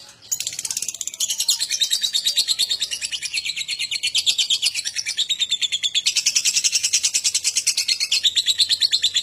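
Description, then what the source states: Lovebird song: dense, continuous high-pitched chattering and buzzy trills pulsing steadily at a fast rate throughout. Adult lovebird in full vigorous song, described as gacor with owor owor singing style.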